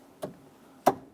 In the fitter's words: and then push it back and this will lock into place